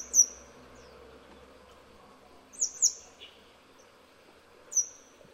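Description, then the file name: Grey wagtail calls: sharp, high, thin notes, a pair near the middle and single notes at either end, separated by quiet gaps. "灰鶺鴒"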